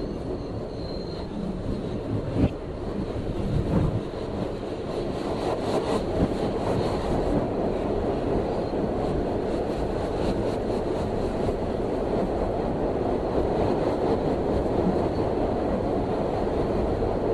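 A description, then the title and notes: Riding the 3 train between Clark Street and Atlantic Avenue in Brooklyn, a dense, steady rumble and roar fill the car throughout. Rapid clattering ticks run underneath, with a few sharper knocks near the start, and a faint thin whine early on. Recorded by Dan Bodah on the 3 train between Clark Street and Atlantic Avenue in Brooklyn, NY, Summer 2008.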